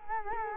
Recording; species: mosquito wingbeat signal from an infrared sensor; Culex quinquefasciatus